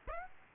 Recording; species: mosquito wingbeat signal from an infrared sensor; Aedes aegypti